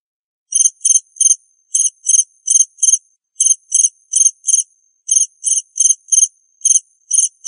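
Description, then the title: Cricket giving shrill chirps in clusters of three or four pulses, steady and clean, with short silent gaps between groups. "suara Hujan Guntur Suara Jangkrik Dan Burung"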